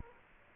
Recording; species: mosquito wingbeat signal from an infrared sensor; Culex quinquefasciatus